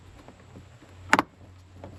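An upgraded Meso Customs dome/map light housing is pushed up into the headliner of a 3rd-gen 2022+ Toyota Tundra so that its four metal tabs snap over the headliner's tabs, which takes a bit of pushing. Against a quiet background with faint taps near 0.3 s and 1.8 s, a sharp double click rings out at 1.1 s. The housing is seated in place.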